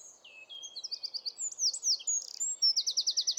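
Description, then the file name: Eurasian wren song: brisk high chattering phrases and piercing notes ending in a loud, rapid, pulsing trill. "Troglodytes troglodytes"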